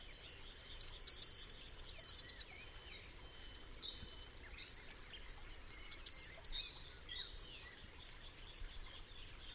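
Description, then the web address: Bird song of a thin high whistle and rapid trill, repeated twice, the second phrase softer, with scattered faint chirps in the background. "Deverinetal 2025 Bird Only Cy Ca"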